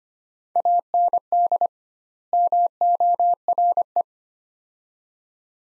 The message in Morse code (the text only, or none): AND MORE